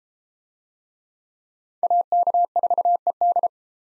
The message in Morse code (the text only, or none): AK4ED